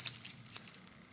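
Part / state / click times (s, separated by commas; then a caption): plastic spider accessory into a hole on an action figure / not seated / none. A plastic spider accessory is pushed into a hole on an action figure's gear, giving a sharp plastic tap near the start, a few fainter light ticks and scrapes around 0.6 to 0.9 seconds, then quiet hiss. The spider fits into the hole, but nothing clicks or seats.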